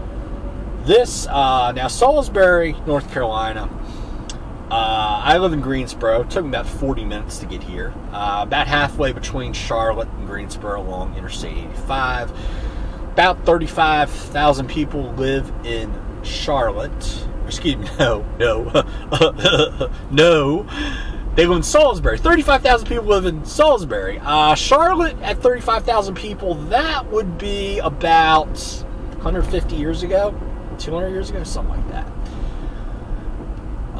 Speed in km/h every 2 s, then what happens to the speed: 58, 58, 58, 56, 55, 53, 53, 55, 53, 53, 52, 50, 50, 52, 55, 56, 55.
0-34 steady at about 55.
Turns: none.